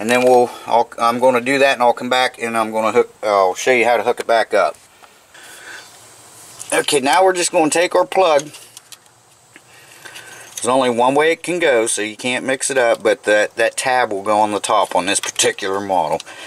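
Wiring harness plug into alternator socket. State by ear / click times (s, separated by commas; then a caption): not seated / none. On a 2004 Toyota Tacoma 2.4-liter, the alternator wiring harness plug is picked up and turned so its tab sits on top before being pushed into the alternator socket. Someone talks, with short rattling handling sounds in the pauses between about 5.0 and 9.6 seconds. Nothing has seated or clicked yet.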